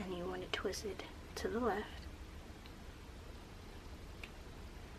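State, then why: Released. Someone talks while twisting the pink collar of a Makartt rechargeable nail drill (e-file) handpiece to the left, toward the R (release) mark, to free the drill bit. Faint clicks come at 2.7 s and 4.2 s, and the collar ends in the release position.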